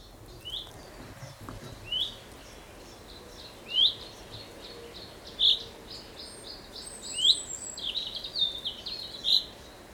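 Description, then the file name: Common chaffinch calls: short, bright upward-flicking chirps repeated every one to two seconds, with fainter high notes between them over a steady background hiss. "Fringilla coelebs"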